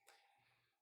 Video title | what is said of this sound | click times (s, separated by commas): 100 Years of MasterLock | more a nice little click out of pin three and it looks like this uh chord just moved a bit and so this might be an open | 0.1 s